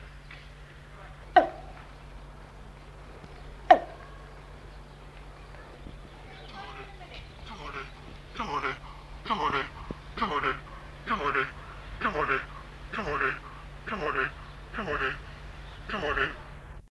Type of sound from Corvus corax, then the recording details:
call. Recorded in captivity. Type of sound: call. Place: Zoo London, GB. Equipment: Halbspur, 9,5 cm/s. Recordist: Lütgens, Hans. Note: Rufe